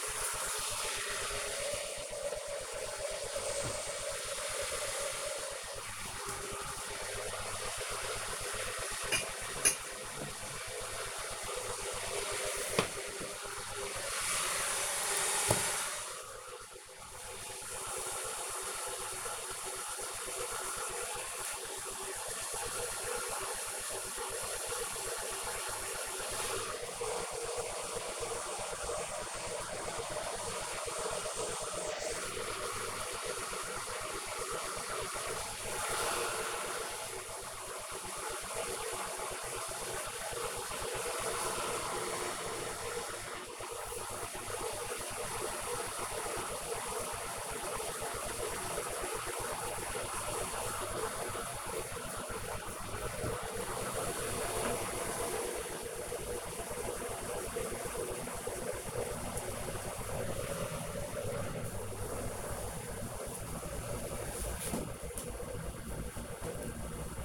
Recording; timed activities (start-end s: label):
household activities, microphone on the right wrist
0.00-67.25 s: making tea